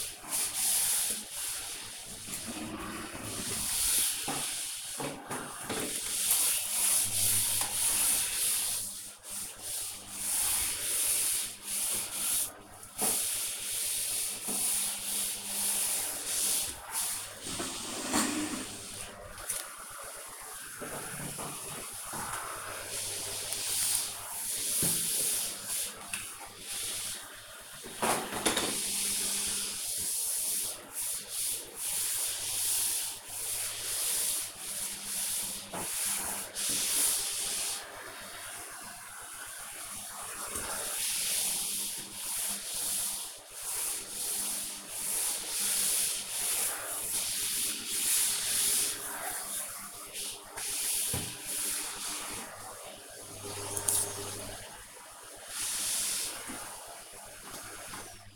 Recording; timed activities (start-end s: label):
household activities, microphone on the right wrist
0.00-57.37 s: vacuum cleaning